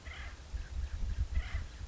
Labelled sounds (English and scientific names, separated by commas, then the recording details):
Acorn Woodpecker (Melanerpes formicivorus)
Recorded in Sonoma County, California